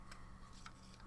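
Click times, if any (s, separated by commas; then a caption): none. A plastic step assembly's two lugs are pressed into matching holes in the back plate of a 1:24 scale die-cast and plastic fire truck model. Only faint ticks are heard, near 0.1, 0.7 and 1.1 seconds, over a low steady hum. Nothing has seated or clicked yet.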